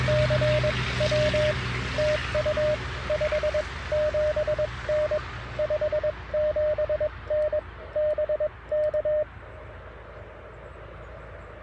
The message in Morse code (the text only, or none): CW TU 57N 57N BK